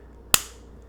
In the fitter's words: just snap shut very solid and secure feeling